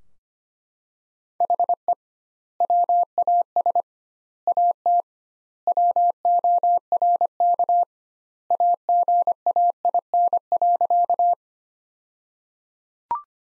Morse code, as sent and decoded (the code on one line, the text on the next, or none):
.... . / .-- .- ... / .- - / .-- --- .-. -.- / .- --. .- .. -. .-.-.-
HE WAS AT WORK AGAIN.